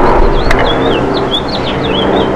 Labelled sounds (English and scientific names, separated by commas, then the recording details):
House Finch (Haemorhous mexicanus) song
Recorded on Long Island, New York, on 8 June 2012
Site MB
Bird C